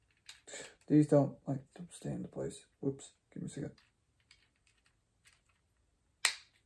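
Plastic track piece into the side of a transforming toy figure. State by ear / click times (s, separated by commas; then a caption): seated / 6.2 s. Someone talks while the plastic track pieces on the side of a transforming toy robot keep slipping out, followed by a few faint ticks of handling. At 6.3 s a track piece is pushed back and snaps home into the figure with a single sharp plastic pop, seating it in place.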